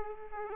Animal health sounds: mosquito wingbeat signal from an infrared sensor; Aedes aegypti

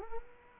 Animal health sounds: mosquito wingbeat signal from an infrared sensor; Culex quinquefasciatus

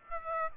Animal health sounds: mosquito wingbeat signal from an infrared sensor; Aedes aegypti

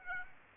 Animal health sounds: mosquito wingbeat signal from an infrared sensor; Aedes aegypti

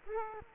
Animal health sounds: mosquito wingbeat signal from an infrared sensor; Culex quinquefasciatus

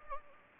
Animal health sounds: mosquito wingbeat signal from an infrared sensor; Anopheles gambiae

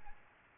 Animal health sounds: mosquito wingbeat signal from an infrared sensor; Aedes albopictus

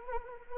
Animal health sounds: mosquito wingbeat signal from an infrared sensor; Anopheles arabiensis

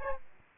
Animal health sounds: mosquito wingbeat signal from an infrared sensor; Aedes albopictus

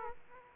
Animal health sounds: mosquito wingbeat signal from an infrared sensor; Aedes aegypti

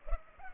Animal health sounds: mosquito wingbeat signal from an infrared sensor; Culex pipiens

